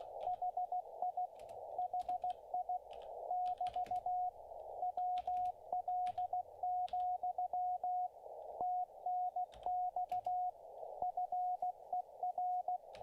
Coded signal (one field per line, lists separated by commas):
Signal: Morse code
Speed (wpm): 16 wpm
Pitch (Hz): 720 Hz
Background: radio noise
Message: HI HI <BT> WL, TNX FER